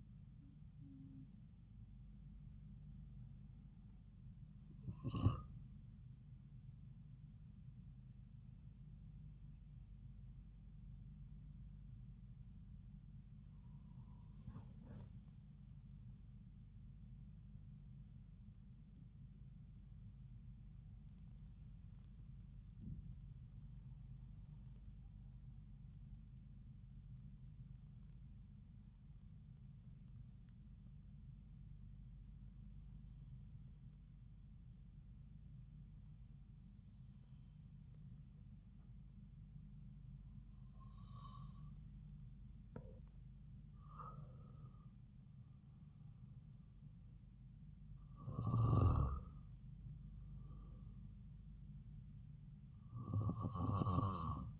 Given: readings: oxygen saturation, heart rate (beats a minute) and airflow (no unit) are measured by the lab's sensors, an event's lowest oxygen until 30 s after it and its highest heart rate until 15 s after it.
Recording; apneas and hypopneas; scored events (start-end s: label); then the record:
breathing in sleep by a smartphone at the bedside; 1
3.00-33.00 s: new sleep stage, N1 (lightest sleep)
22.00-44.10 s: hypopnea (N1, oxygen 97% highest, then 93% lowest)
33.00-54.60 s: new sleep stage, N2 (light sleep)
From the record:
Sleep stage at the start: N2 (light sleep); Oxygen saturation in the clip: 92 to 97%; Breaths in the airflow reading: 11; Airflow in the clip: -4.1 to 5.0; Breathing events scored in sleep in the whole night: 270 in 6.1 hours asleep